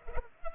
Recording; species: mosquito wingbeat signal from an infrared sensor; Culex pipiens